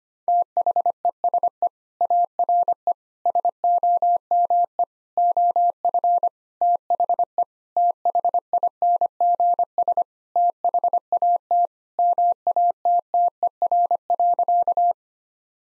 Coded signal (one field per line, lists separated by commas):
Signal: Morse code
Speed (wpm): 25 wpm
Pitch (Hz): 700 Hz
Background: none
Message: THESE ARE SOME OF THE THINGS THAT MATTER.